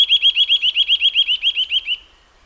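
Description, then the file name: Eurasian nuthatch calling in a rapid series of many upslurred whistles, evenly spaced, ending with a short fading tail. "Sitta europaea"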